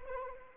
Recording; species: mosquito wingbeat signal from an infrared sensor; Anopheles arabiensis